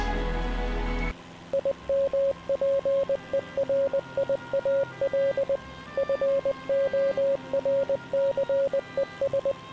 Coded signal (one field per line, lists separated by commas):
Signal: Morse code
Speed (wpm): 20 wpm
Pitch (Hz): 560 Hz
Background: music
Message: IMPERIAL FORCES